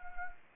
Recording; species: mosquito wingbeat signal from an infrared sensor; Anopheles arabiensis